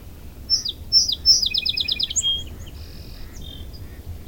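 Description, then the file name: Song sparrow song: three sharp introductory notes, then a quick buzzy trill and a few scattered high notes, over a low steady rumble. "Tamarac whispers song sparrow"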